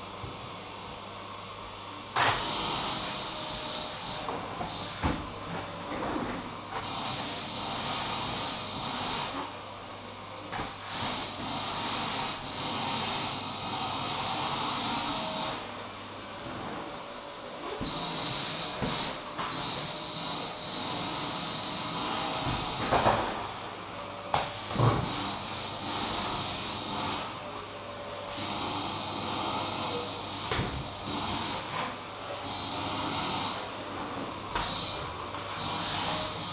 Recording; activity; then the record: daily activity, microphone in the room; vacuum cleaning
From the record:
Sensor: 1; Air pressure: 995.3 hPa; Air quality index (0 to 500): 25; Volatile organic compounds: 1 ppm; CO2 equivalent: 508 ppm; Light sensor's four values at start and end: 15/52/19/20 and 15/52/19/20